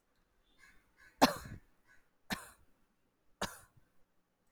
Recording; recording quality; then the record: shallow voluntary cough; excellent, no background noise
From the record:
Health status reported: healthy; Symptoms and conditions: none ticked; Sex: female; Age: 43 years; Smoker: not ticked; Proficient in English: yes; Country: India